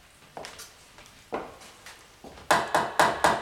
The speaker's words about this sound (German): Warum klopfen Sie?